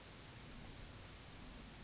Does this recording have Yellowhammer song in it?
no